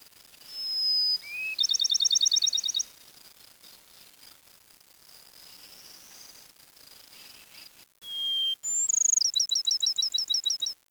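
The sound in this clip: Bird song: clear whistled notes at different pitches, each followed by fast, even, high ticking trills, two phrases with a quiet gap between them.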